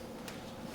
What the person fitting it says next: There we go. Yep, this snaps into place.